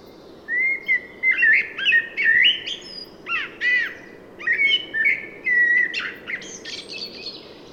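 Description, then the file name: Common blackbird singing: mellow fluted whistles and squeaky high twitters, several phrases in quick succession against a low steady background hiss. "Turdus merula"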